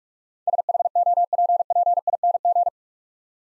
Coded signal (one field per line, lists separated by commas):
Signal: Morse code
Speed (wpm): 46 wpm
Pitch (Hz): 700 Hz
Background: none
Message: SHOPPING